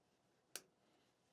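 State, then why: Seated. A sauna electrical wire connector is lined up with the mating connector underneath the sauna corner and pushed together. It gives one sharp snap at 0.6 s against a quiet background. The snap means the connector is secure and seated.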